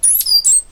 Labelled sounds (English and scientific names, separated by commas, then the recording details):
Stitchbird (Notiomystis cincta) song
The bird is a male
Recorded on Tiritiri Matangi Island, New Zealand, in 2005
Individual 8, of nest box 10